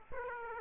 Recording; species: mosquito wingbeat signal from an infrared sensor; Aedes aegypti